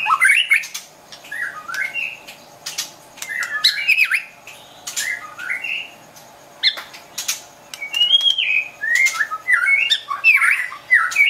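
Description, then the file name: White-rumped shama song in varied bursts of fluty, slurred whistles mixed with sharp clicks and scratchy notes, phrases separated by short pauses. Wild bird from a forest in Medan, singing actively (gacor). "suara burung murai batu hutan medan gacor"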